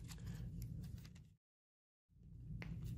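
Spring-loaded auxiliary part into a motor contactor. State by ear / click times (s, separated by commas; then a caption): not seated / none. The spring-loaded clear plastic bottom part of a contactor auxiliary is fitted into an LSIS MC motor contactor and pushed toward the top. Rustling handling noise is broken by short, sharp ticks at 0.6 s and 2.6 s, with a silent gap from about 1.4 to 2.1 s. Nothing has seated or clicked yet.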